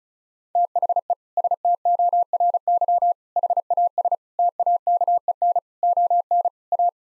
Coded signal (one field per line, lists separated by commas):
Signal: Morse code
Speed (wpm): 34 wpm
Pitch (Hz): 700 Hz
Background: none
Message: THE STORY HAS TAKEN ON A